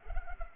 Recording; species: mosquito wingbeat signal from an infrared sensor; Culex pipiens